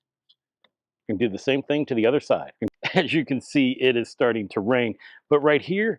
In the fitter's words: it has these small senders and reflectors you're just going to slide those in you hear the click